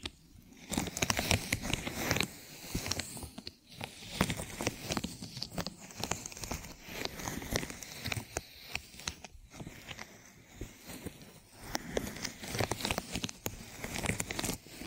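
Ear massage sounds: a dense run of soft rubbing, crackling and tapping that keeps going for the whole fifteen seconds. The scratchy strokes come in quick irregular bursts, with brief quieter gaps near four and nine seconds, and a faint high hiss sits underneath.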